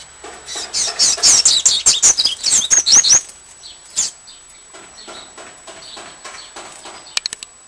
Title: Canto Coleiro